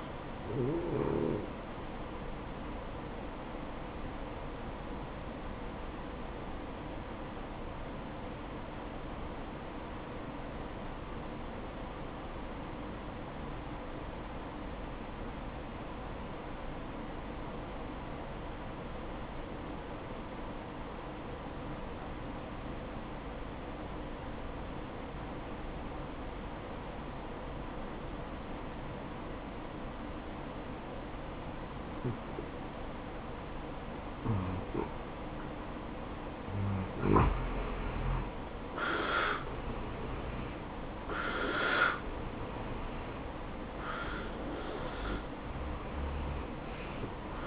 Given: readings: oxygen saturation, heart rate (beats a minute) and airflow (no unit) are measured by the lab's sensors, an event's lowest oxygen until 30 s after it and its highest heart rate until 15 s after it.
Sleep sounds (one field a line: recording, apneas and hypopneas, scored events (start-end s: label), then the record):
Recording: breathing in sleep by a voice recorder at the bedside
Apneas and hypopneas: 1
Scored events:
4.00-37.40 s: obstructive apnea (N1, oxygen 95% highest, then 84% lowest, heart rate 62 at the start, 71 highest)
10.00-40.00 s: new sleep stage, N2 (light sleep)
40.00-47.47 s: new sleep stage, N1 (lightest sleep)
From the record:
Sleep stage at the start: N1 (lightest sleep)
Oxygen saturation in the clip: 84 to 95%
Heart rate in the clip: 55 to 71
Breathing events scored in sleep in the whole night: 573 in 9.8 hours asleep